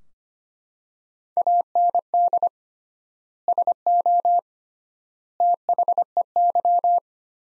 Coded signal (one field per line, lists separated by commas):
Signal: Morse code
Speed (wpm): 25 wpm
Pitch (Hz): 700 Hz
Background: none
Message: AND SO THEY